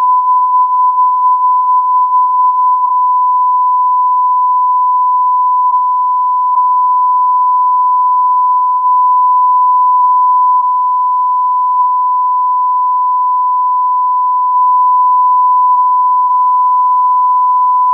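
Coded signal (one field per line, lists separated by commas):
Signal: radio time signal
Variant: Beta RJH69 carrier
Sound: a steady, unchanging tone near 1 kHz that runs the full 18 seconds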